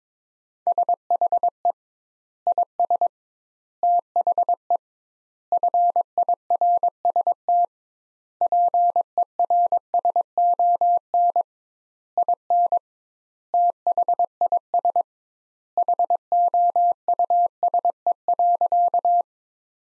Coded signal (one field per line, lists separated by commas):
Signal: Morse code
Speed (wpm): 22 wpm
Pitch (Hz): 700 Hz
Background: none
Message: SHE IS THE FIRST PERSON IN THIS HOUSE.